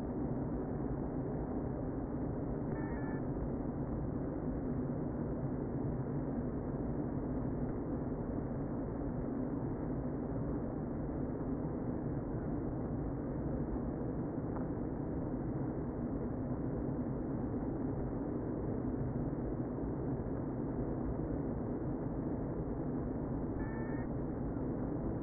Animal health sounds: honeybee colony, microphone inside the hive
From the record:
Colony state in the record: queen present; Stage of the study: before two queens were removed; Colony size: about 60,000 bees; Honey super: yes

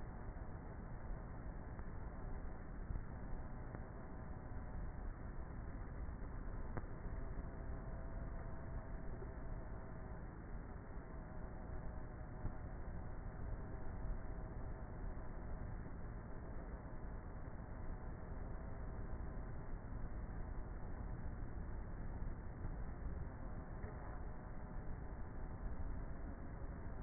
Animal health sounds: honeybee colony, microphone inside the hive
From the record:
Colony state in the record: queenless with a low population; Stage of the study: before two queens were removed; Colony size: about 30,000 bees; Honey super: no

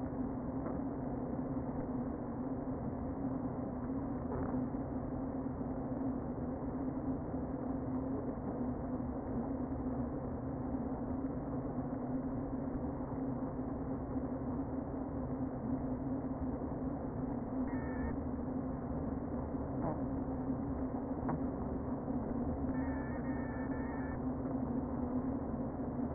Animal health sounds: honeybee colony, microphone inside the hive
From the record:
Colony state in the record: queen present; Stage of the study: before two queens were removed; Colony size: about 60,000 bees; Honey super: yes

